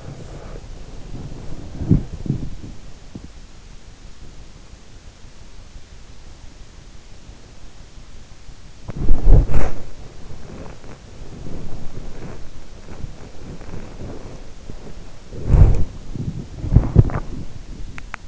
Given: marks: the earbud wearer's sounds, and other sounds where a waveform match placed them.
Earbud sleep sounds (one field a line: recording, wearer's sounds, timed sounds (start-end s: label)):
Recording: sounds in sleep by an in-ear microphone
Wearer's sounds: body movement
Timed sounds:
0.00-3.19 s: body movement
8.22-18.28 s: body movement